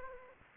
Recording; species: mosquito wingbeat signal from an infrared sensor; Anopheles gambiae